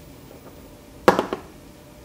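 As the follower is backed out further past the next chamber of a pin-tumbler lock cylinder housing, the next driver pin releases and drops out of the housing with a sharp click at 1.1 s. Two fainter ticks follow at 1.2 s and 1.3 s over a quiet background. The driver pin is out.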